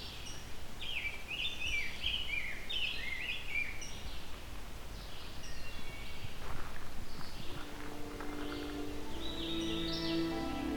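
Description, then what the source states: Rose-breasted Grosbeak song: a rich run of warbled, whistled phrases over the first several seconds; steady music with sustained tones comes in near the end. Loud, very songful, singing non-stop since the recordist arrived; in a large, leafy forest at about 9 a.m.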